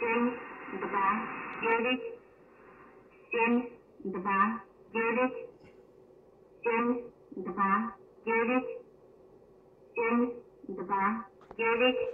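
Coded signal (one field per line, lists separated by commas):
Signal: numbers station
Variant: S06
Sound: voice reading short number words at a steady, evenly spaced pace, about 10 words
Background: radio hum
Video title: S06 Ukraine intelligence number station complete message recording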